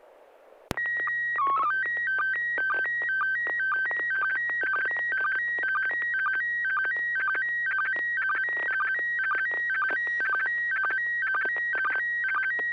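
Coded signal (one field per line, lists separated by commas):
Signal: SSTV (slow-scan television)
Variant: PD 120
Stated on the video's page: Morse heard during an SSTV net on an FM repeater at 441.300 MHz in Sacramento.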